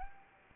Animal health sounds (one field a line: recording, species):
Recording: mosquito wingbeat signal from an infrared sensor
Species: Anopheles arabiensis